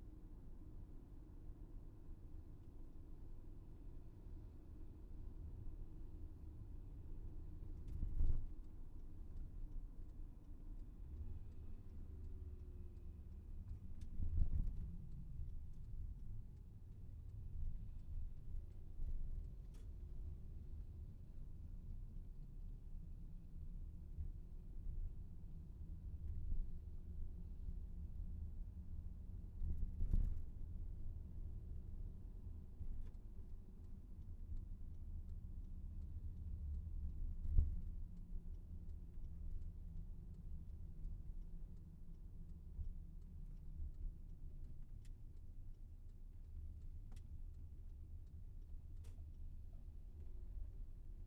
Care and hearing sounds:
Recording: everyday scene through a hearing-aid microphone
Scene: in a vehicle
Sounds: engine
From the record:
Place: VW T5 Caravelle, diesel engine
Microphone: behind the ear, left, front

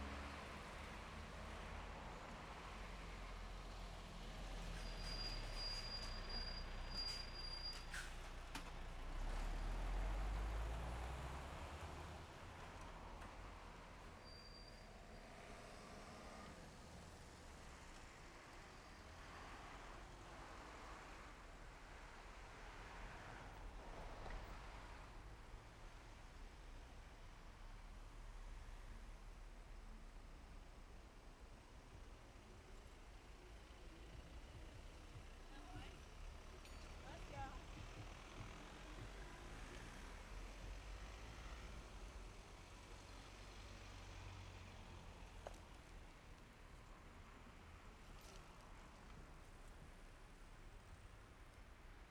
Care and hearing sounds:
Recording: everyday scene through a hearing-aid microphone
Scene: in traffic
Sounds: traffic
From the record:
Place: main road on the outskirts, rush hour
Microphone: behind the ear, left, rear

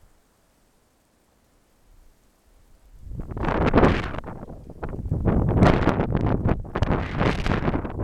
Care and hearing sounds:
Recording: everyday scene through a hearing-aid microphone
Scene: wind on the microphone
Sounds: wind, traffic, birds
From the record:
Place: suburban garden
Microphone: behind the ear, left, front

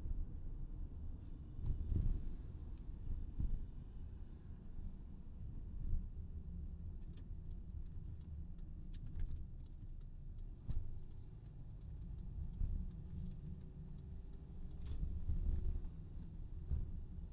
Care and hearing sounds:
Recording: everyday scene through a hearing-aid microphone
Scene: in a vehicle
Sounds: engine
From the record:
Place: VW T5 Caravelle, diesel engine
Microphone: in the ear canal, left

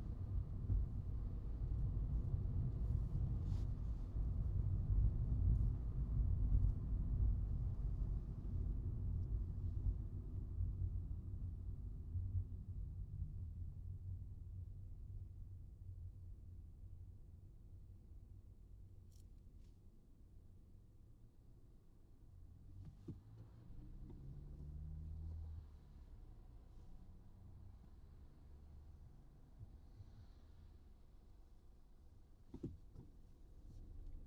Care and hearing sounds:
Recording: everyday scene through a hearing-aid microphone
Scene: in a vehicle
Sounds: engine, traffic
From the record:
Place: Skoda Fabia, gasoline engine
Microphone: in the ear canal, right

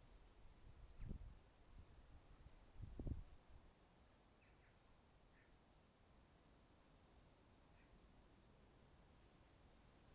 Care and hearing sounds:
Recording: everyday scene through a hearing-aid microphone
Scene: wind on the microphone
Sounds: wind, traffic, birds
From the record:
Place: suburban garden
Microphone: in the ear canal, right

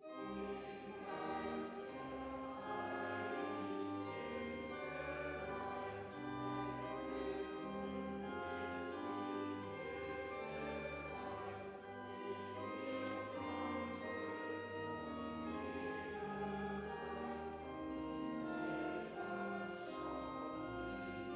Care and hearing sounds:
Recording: everyday scene through a hearing-aid microphone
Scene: reverberant space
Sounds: music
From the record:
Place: church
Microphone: in the ear canal, left

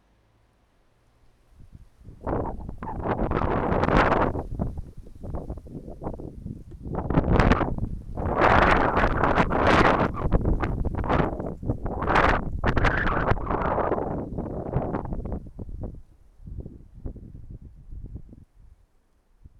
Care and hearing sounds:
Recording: everyday scene through a hearing-aid microphone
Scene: wind on the microphone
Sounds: wind, traffic, birds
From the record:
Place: suburban garden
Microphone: behind the ear, right, rear

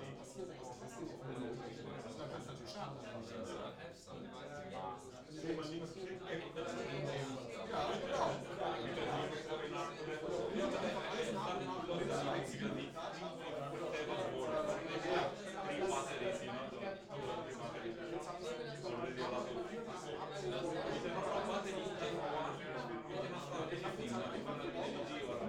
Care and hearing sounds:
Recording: everyday scene through a hearing-aid microphone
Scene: many people talking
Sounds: many voices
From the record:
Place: bistro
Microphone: in the ear canal, left

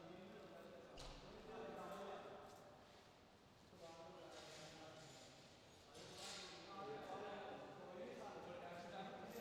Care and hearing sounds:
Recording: everyday scene through a hearing-aid microphone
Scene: reverberant space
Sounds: background noise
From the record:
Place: railway station hall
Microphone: in the ear canal, left

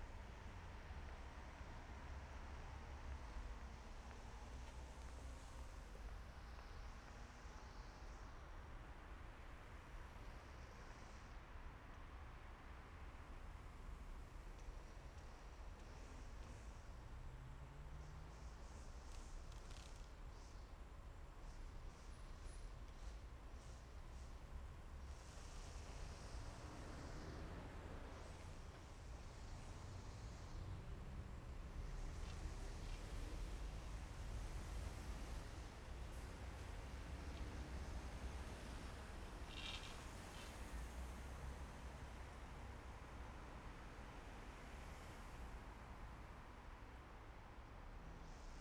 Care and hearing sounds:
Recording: everyday scene through a hearing-aid microphone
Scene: in traffic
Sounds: traffic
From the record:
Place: main city hub, rush hour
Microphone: behind the ear, left, front

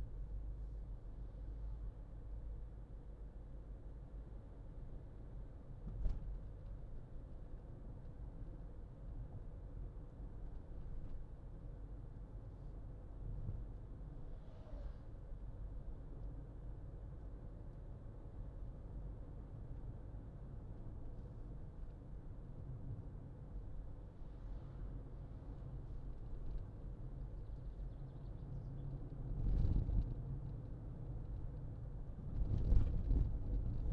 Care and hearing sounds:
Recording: everyday scene through a hearing-aid microphone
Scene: in a vehicle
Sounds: engine, highway driving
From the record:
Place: Berlingo II, diesel engine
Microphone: in the ear canal, left

